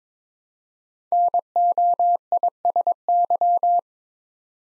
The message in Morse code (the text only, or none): NOISY